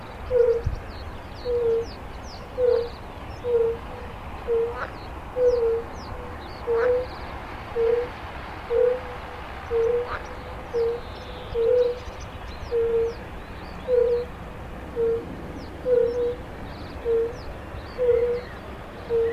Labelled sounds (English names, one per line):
Fire-Bellied Toad call